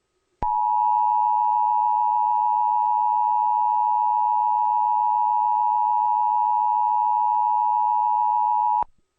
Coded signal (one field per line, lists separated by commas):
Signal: Emergency Alert System (SAME) tones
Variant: 853 and 960 Hz attention tone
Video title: National Emergency Alert System interupts The World Wide Day of Play 2014.